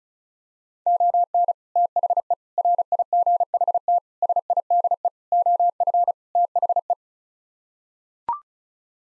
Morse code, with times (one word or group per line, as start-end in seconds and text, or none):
0.9-1.5 ON
1.8-2.3 THE
2.6-4.0 RIGHT
4.2-5.1 SIDE
5.3-6.1 OF
6.4-6.9 THE